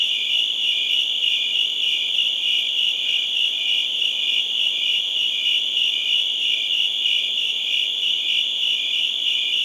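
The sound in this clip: Cricket calling in an even stream of fast shrill pulses, steady from start to finish.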